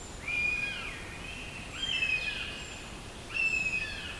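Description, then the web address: Northern goshawk calls: three thin, high, drawn-out notes, about one and a half seconds apart, over a steady hiss. "linnut kanahaukka"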